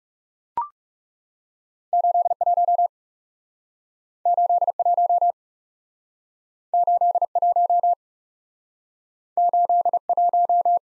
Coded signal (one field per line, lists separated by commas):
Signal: Morse code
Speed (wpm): 40 wpm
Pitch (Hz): 700 Hz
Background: none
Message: 81 81 81 81